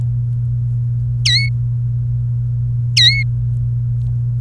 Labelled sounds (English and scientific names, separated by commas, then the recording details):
Domestic Canary (Serinus canaria) song
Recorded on 29 April 2018 at 16:34
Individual llb3